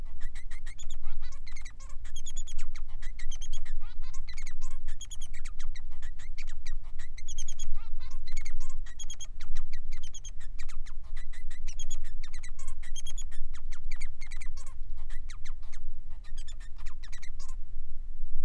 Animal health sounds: song of a male Bengalese finch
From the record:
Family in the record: son of father 3

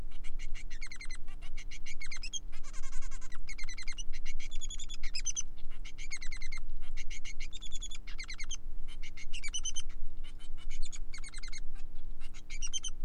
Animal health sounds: song of a male Bengalese finch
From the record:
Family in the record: son of father 3

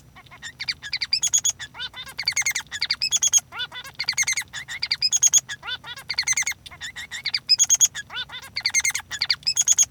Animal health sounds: song of a male Bengalese finch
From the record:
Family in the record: son of father 3

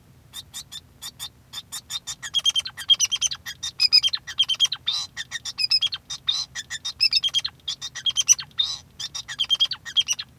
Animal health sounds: song of a male Bengalese finch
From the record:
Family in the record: son of father 2

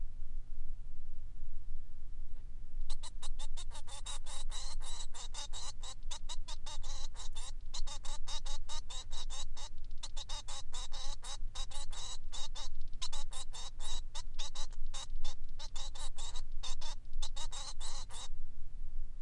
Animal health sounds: song of a male Bengalese finch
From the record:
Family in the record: son of father 3

